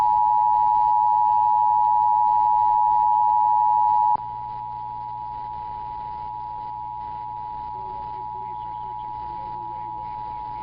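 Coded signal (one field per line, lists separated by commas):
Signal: Emergency Alert System (SAME) tones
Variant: 853 and 960 Hz attention tone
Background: speech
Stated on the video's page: Child abduction emergency alert issued for Pennsylvania.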